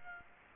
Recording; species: mosquito wingbeat signal from an infrared sensor; Aedes aegypti